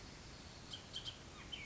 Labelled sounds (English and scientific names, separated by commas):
Bullock's Oriole (Icterus bullockii)